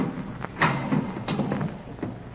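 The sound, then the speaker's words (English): A heavy metal latch on a door clunks and scrapes as it is turned, with a few sharp clicks and grinding rattles spread over a couple of seconds, moderately loud with no voices. “I glanced at my watch at 11:15, and right after that, I heard the heavy latch on the door being turned.”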